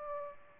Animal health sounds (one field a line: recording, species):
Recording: mosquito wingbeat signal from an infrared sensor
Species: Aedes aegypti